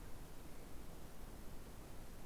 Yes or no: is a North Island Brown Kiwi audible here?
no